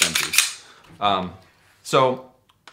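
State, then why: Not seated. Someone talks while handling a bendy polymer 50-round drum magazine for a Glock pistol at the pistol's magazine well, with its load-assist lever about to be pulled up slightly. Two faint, short ticks sound near 2.5 and 2.7 s as the talking stops. Nothing has seated or clicked home yet.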